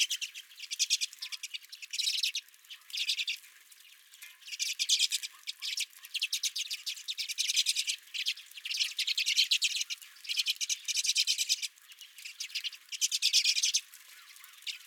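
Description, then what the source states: Redpolls giving repeated bursts of rapid chattering trills, each lasting a second or two, separated by short quieter gaps. Several redpolls at the recordist's feeder.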